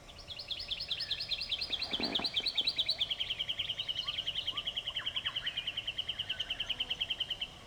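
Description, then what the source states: White-winged triller song, a long rapid trill of high repeated notes, shifting from higher stuttering notes into an even, fast pulsing trill; a brief low thump early on. Song, recorded October 2006.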